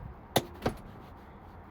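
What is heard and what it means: After the rear handbrake shoes are adjusted, the handbrake lever in a car's centre console is pulled to check it; its ratchet should click two to three notches. Two sharp ratchet clicks are heard at 0.4 s and 0.7 s, with a brief faint transient at the very end. The lever gives two clicks, confirming the adjustment.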